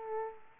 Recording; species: mosquito wingbeat signal from an infrared sensor; Aedes aegypti